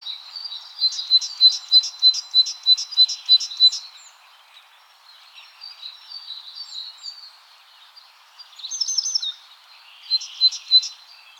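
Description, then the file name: Great tit: a quick series of bright, high double notes for about three seconds, then quieter twittering and more short bursts of notes. "Parus major"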